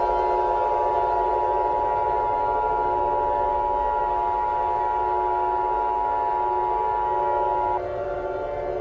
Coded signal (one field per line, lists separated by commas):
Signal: Emergency Alert System (SAME) tones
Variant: 853 and 960 Hz attention tone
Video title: The Shower of Death. An EAS Mock.